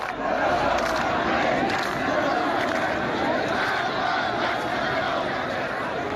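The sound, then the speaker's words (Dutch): A large protest crowd in Iran chants slogans in unison, including "death to the regime and to Ayatollah Khamenei", in protests that began over a severe water shortage in Khuzestan province, a dense, steady roar of many voices that stays loud throughout, with shouted phrases rising and falling over the mass of sound. “Dood aan het regime en aan Ayatollah Khamenei, roepen ze bij de demonstraties.”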